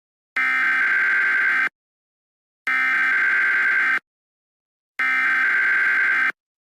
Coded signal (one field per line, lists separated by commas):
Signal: Emergency Alert System (SAME) tones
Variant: header bursts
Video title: EAS Scenario #4 - Hyper Flash Flood